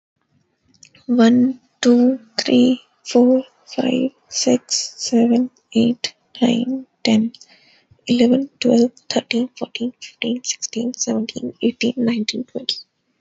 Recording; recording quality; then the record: counting at a normal pace; excellent, no background noise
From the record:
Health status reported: healthy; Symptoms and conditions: none ticked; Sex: female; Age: 26 years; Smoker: not ticked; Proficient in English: yes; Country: India